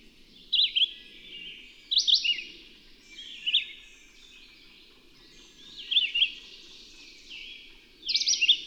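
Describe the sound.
Bird song: bright, twittering phrases of rising and falling notes, sung in bursts every couple of seconds, with faint background hiss.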